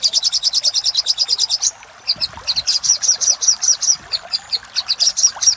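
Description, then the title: Little spiderhunter song: a quick run of high repeated chips, a short pause, then slower uneven chips. Master recording used for training cage birds. "Sogok Ontong Labaik"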